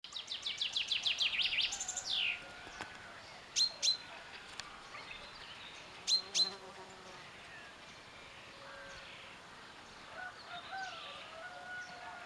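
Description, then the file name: Common chaffinch song: a rapid series of bright notes ending in a flourish, followed by a few sharp calls and softer chirps. "Fringilla coelebs"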